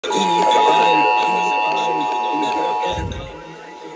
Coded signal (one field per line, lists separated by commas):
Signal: Emergency Alert System (SAME) tones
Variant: 853 and 960 Hz attention tone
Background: speech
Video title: EAS #2921-2923 IL RMT 6-4-24